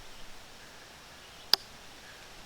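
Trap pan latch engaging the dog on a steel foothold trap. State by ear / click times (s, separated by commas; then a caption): seated / 1.5 s. A steel foothold trap, set in its safe position, has its jaw closed down, and the pan's night latching system catches the dog with a single sharp metallic click at 1.5 s. The rest of the clip is low, steady background noise. The trap pan latch seats into place.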